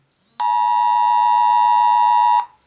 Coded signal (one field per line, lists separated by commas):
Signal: Emergency Alert System (SAME) tones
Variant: 853 and 960 Hz attention tone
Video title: NZ's Mobile Emergency Alert System | COVID-19 Lockdown